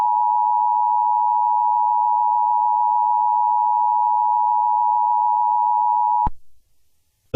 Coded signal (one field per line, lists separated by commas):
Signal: Emergency Alert System (SAME) tones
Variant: 853 and 960 Hz attention tone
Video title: [Most Popular] Sun Explosion (An EAS scenario)